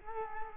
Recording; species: mosquito wingbeat signal from an infrared sensor; Culex quinquefasciatus